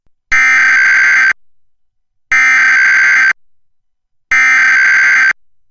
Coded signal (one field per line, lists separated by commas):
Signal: Emergency Alert System (SAME) tones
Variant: header bursts